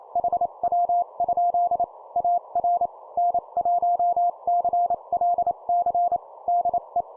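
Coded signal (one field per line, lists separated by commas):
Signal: Morse code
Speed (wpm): 29 wpm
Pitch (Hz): 700 Hz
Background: none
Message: HW? AR N1CLC DE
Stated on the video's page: Example 25 wpm CW QSO in standard format for copy practice; the station describes 30 watts into a vertical.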